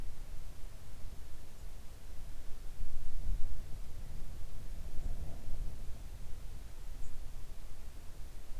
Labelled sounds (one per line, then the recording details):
songbird
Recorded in the Arctic National Wildlife Refuge, Alaska, on 3 August 2019 at 06:14
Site 41